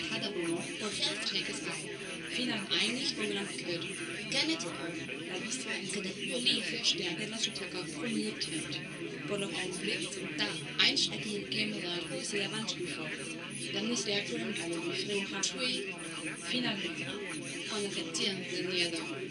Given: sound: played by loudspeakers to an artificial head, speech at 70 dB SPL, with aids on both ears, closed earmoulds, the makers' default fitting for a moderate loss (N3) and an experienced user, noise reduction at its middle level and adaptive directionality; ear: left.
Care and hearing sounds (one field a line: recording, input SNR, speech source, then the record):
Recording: speech test signal (ISTS) in cocktail-party noise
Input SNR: 0 dB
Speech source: on the right (90 degrees)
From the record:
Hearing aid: class 2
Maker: B